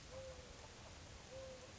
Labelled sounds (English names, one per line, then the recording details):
Mourning Dove
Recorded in Sonoma County, California